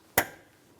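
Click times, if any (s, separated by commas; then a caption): 0.2 s. A liftgate wiring harness connector on a 2009-2019 Ford Flex, being reconnected during a rearview camera replacement, is pushed into its mating connector on the liftgate. A single sharp click sounds at 0.2 s and quickly fades. The connector is seated and secure.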